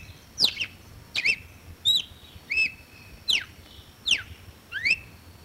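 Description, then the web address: Red-cowled cardinal song of crisp whistled notes, some plunging steeply and some steady, spaced roughly every three-quarters of a second in a loose rhythm, quiet background. "cardeal-do-nordeste canto"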